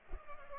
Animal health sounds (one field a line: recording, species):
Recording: mosquito wingbeat signal from an infrared sensor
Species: Culex pipiens